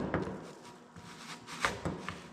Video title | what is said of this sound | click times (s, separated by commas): I Left Brock at the Farm Alone! | and uh pops right into place | 1.7 s